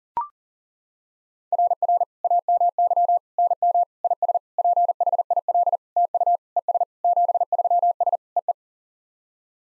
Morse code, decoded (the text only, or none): RR AMY NM IS PHIL TU ES 73S EE